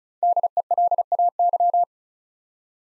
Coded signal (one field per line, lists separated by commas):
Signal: Morse code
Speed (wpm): 34 wpm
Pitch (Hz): 700 Hz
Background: none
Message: DELAY